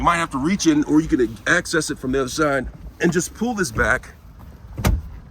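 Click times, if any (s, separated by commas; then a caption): 4.8 s. A rear seatback in a Nissan Armada SUV is pulled back upright until its latch locks into its seat-frame striker. Someone talks for most of the clip, then a sharp click sounds at 4.8 s as the latch locks into place.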